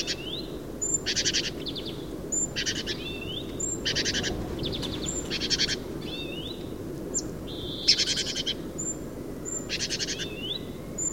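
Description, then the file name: Great tit giving harsh buzzy churring bursts, each about half a second long and repeated several times, mixed with short rising notes and thin high calls. "Parus major"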